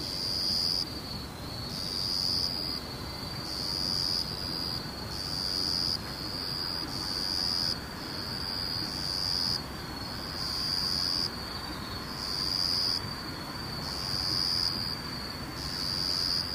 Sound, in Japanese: ムシ